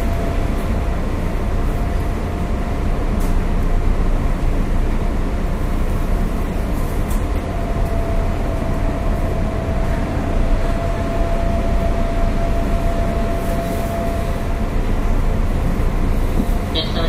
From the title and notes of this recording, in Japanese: JR201系電車 環状線内回り 大阪から天王寺まで。JR201系電車の走行音です。環状線 内回り列車にて収録。